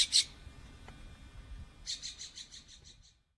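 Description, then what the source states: Bird calls: a brief high chirpy burst, then a rapid run of many short, high, evenly spaced notes, over faint low background rumble. Recorded in Bexar County, Texas, on 25 March 2006, PM, with many birds present.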